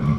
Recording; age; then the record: pig call; growing-finishing pig (85 days or more)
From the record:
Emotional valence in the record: positive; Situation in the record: run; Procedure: transit